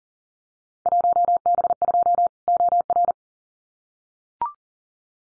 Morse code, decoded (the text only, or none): 1B2 OR